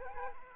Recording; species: mosquito wingbeat signal from an infrared sensor; Aedes aegypti